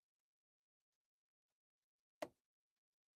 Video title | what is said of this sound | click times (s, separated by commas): "Crossdeck" Episode 83 - X-Arcade Haptics Kit LIVE Unboxing/Install | Just kind of snaps into place. So that's the plunger cable. | 2.2 s